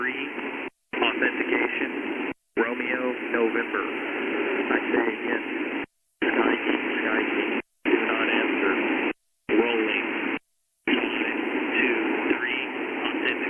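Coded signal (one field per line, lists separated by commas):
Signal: coded military voice message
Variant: Sky King broadcast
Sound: noisy, band-limited male voice reading call signs and letters, cut by short silences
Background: radio static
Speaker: Okay, so these messages you're listening to are from 2 days ago. These are actual Sky King messages, how they're read. So this is a different one. I'm going to play it right now.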